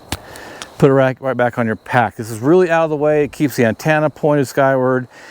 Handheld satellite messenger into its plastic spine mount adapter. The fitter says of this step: I would probably disagree with them and I do but you just push that back up snaps in place and